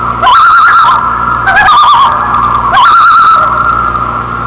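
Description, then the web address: Loon calling, three wavering tremolo bursts laid over a steady drawn-out wail. "earco loons"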